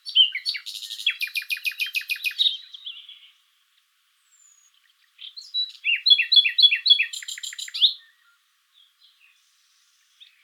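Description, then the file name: Common nightingale song: two rich phrases of rapid repeated chirps and buzzy trills, separated by a pause of about two seconds, with soft notes between. "Luscinia megarhynchos"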